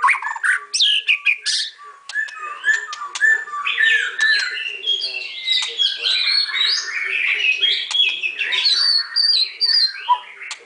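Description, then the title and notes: White-rumped shama pouring out a nonstop mix of clear whistles, buzzes and clicking notes. Masteran (training) song used for teaching. "Murai Batu Album 01. Masteran Murai Batu"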